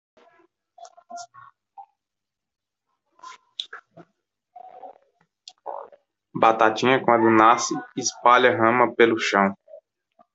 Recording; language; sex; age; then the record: short text; Brazilian Portuguese; male; 20 to 29 years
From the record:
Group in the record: control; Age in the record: 26 years